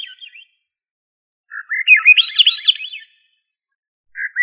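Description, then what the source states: Thrush song: the tail of one phrase, then a full phrase rising through bright looping whistled notes, and the low opening of another phrase. Family Turdidae; called sabiá.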